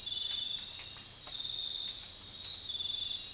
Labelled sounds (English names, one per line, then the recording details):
none
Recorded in dense forest near Puerto Asís, Putumayo, Colombia, on 13 March 2025 at 04:00
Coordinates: 0.500, -76.322
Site GP06